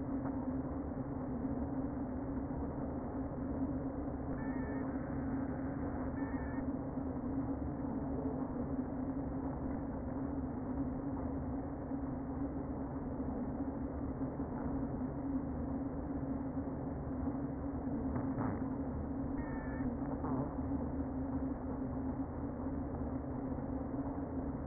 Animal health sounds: honeybee colony, microphone inside the hive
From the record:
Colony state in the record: queen present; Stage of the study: before two queens were removed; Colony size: about 60,000 bees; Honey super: yes

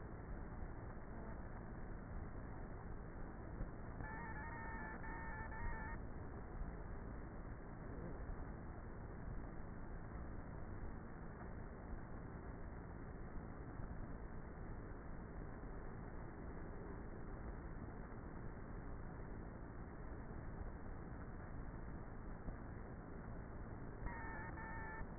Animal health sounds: honeybee colony, microphone inside the hive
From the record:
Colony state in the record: queenless with a low population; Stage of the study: before two queens were removed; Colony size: about 30,000 bees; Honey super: no

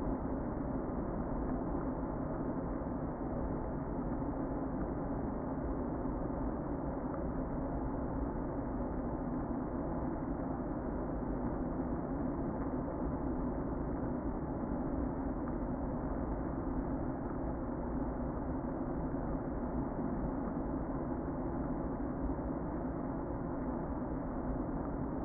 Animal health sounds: honeybee colony, microphone inside the hive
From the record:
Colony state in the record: queen present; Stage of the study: before two queens were removed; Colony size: about 60,000 bees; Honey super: yes

